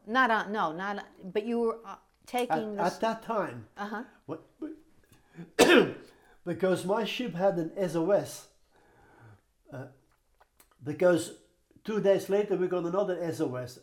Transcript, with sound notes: Not on — no, not — but you were taking the —
At — at that time —
Uh-huh.
— what — we — [coughs] because my ship had an SOS, because two days later we got another SOS.